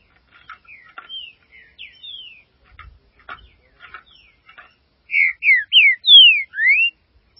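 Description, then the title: Green-winged saltator song, soft chips and short whistles leading into a loud run of about five clear slurred whistles. "Trinca Ferro"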